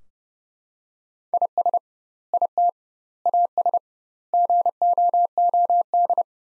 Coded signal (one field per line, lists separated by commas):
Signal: Morse code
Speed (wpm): 30 wpm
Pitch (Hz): 700 Hz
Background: none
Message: IS IT AS GOOD